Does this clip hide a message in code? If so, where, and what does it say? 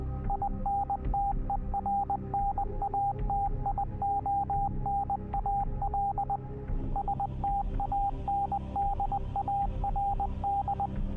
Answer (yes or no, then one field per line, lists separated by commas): yes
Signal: Morse code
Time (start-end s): 0.3-10.9 s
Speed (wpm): 20 wpm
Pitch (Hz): 800 Hz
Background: none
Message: INTERNATIONAL STANDARD